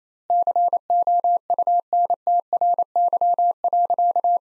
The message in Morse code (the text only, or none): COUNTRY.